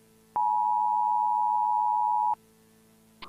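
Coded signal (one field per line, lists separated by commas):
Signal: Emergency Alert System (SAME) tones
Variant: 853 and 960 Hz attention tone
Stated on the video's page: Fictional EAS scenario.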